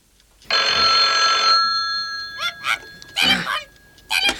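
A telephone rings once in a headquarters office with a loud, bright, steady electronic trill lasting about a second, followed by a few short, muffled voice-like bursts.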